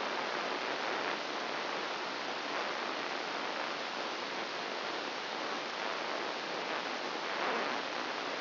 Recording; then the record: brain microelectrode recording played as sound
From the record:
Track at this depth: inside the subthalamic nucleus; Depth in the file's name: 4.502 mm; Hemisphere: left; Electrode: 1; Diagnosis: Parkinson's disease